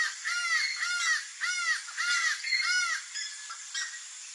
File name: canto do acaua